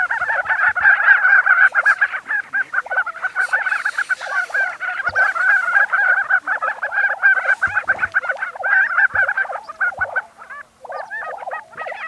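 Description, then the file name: Lesser prairie chickens in a loud, continuous chorus of cackling and gobbling notes, many birds calling at once, with occasional low thumps. Recorded 20 April 2013. "2013-04-20 Lesser Prairie Chicken"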